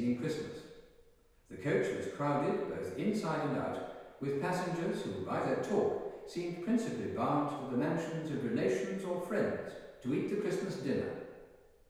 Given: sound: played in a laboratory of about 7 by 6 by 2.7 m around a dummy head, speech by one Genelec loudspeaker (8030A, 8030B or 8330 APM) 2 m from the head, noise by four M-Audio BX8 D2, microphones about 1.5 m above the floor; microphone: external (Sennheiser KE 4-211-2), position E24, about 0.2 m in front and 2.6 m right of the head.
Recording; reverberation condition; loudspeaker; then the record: male speech in English; high; 30 degrees to the left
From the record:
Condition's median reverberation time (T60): about 1300 ms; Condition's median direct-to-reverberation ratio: about -4.0 dB